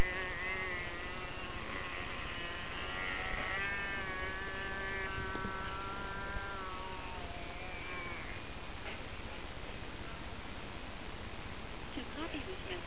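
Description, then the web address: Llama calls, a long wavering hum-like tone with rich overtones, rising and falling over several seconds, followed by quieter fragments, over steady hiss. "Koo Mar Audio"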